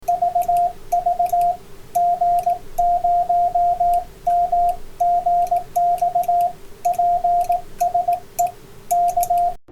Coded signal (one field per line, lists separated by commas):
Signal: Morse code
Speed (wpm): 18 wpm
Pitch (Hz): 700 Hz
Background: radio noise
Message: VV G0MGX PSE K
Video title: A DDS Based Inexpensive QRP CW TX - A fun Arduino project